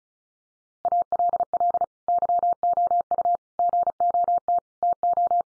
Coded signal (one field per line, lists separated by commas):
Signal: Morse code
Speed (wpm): 34 wpm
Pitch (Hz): 700 Hz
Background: none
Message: ALL YOU GOT TO